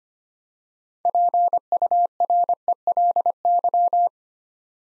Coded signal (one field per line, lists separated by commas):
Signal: Morse code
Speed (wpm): 25 wpm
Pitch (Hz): 700 Hz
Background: none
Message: PURELY